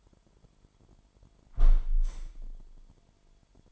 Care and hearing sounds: daily activity, microphone in the room; close window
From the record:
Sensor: 5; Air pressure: 998.7 hPa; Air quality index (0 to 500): 100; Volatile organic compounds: 2 ppm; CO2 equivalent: 1151 ppm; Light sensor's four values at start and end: 33/81/33/38 and 33/81/33/38

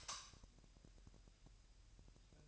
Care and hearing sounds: daily activity, microphone in the room; light off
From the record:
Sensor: 2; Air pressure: 1001.7 hPa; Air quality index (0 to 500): 248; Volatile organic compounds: 36 ppm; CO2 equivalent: 3076 ppm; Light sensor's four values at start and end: 9/26/10/10 and 4/10/4/4

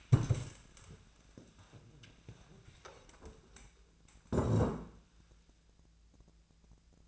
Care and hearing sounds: daily activity, microphone in the room; stand up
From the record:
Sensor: 2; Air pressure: 1000.3 hPa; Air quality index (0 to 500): 159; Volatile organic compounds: 3 ppm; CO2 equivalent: 1325 ppm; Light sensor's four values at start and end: 9/21/9/9 and 8/17/8/8

